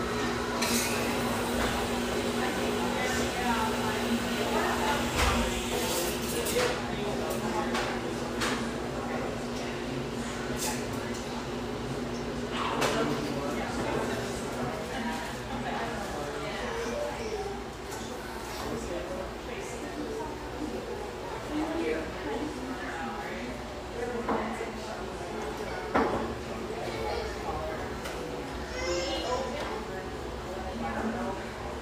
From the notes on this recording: warm, firelit café in one of America's most popular ski towns